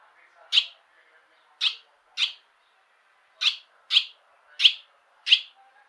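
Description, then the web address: Bird calls: seven sharp, high chips, some in quick pairs, with short pauses between them. "Bird Only"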